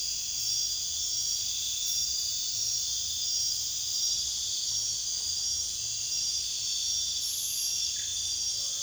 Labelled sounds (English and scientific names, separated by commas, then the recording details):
none
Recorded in pastures near Puerto Asís, Putumayo, Colombia, on 22 June 2025 at 00:30
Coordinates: 0.466, -76.322
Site GP07